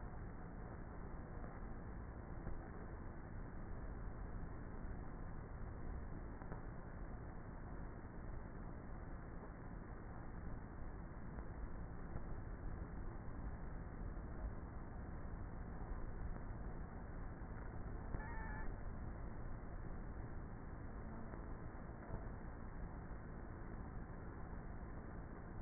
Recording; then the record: honeybee colony, microphone inside the hive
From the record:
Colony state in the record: queenless with a low population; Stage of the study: before two queens were removed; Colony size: about 30,000 bees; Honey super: no